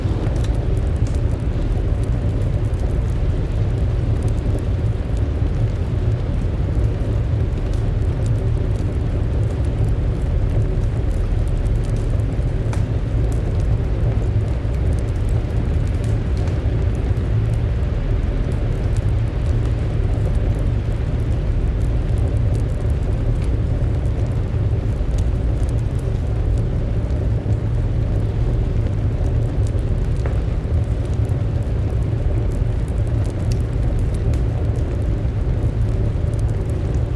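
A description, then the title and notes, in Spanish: A fire burns while a winter storm presses softly against the windows, heard as a deep, steady rumble that never lets up. Faint, sparse crackles and small ticks from the flames sit on top, scattered irregularly through the whole clip. La Chimenea de Invierno Más Acogedora. Una ardiente chimenea mientras una tormenta de invierno golpetea suavemente las ventanas. El ambiente crepitante y el cálido resplandor del fuego.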